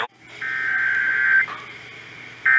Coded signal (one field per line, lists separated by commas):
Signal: Emergency Alert System (SAME) tones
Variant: header bursts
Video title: (EAS #69-70) Severe Thunderstorm Warning (WBAP-AM and KSCS-FM)